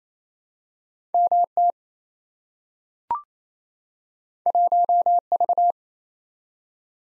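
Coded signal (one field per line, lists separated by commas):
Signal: Morse code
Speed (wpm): 28 wpm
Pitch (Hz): 700 Hz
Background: none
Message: MT 1V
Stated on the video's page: Head-copy drill of random two-character letter and number combinations sent at 28 wpm.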